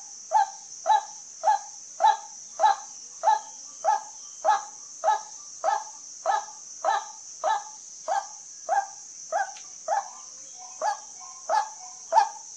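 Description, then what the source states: White-breasted waterhen calls, a single harsh honk repeated at a steady rate through the whole stretch, with a steady high hiss behind. Call used as a lure for hunting at night.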